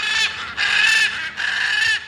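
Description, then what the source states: Blue-and-gold Macaw giving three long, harsh, grating squawks, loud and broad-toned, separated by short breaks. Free-living flock in Caracas, Venezuela; at sunset about a dozen fly to a resident's apartment windowsill to be fed sunflower seeds and sliced bananas.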